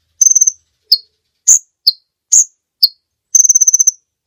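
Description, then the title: Bird song with a rapid high trill, then a run of sharp separated chirps, and another fast trill before a final note. Master recording of birdsong, used for training songbirds. "Master Burung Jos"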